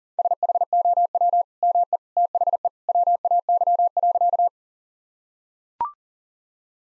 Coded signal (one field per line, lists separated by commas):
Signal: Morse code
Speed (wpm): 40 wpm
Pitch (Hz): 700 Hz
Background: none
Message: SHOW ME THE WAY.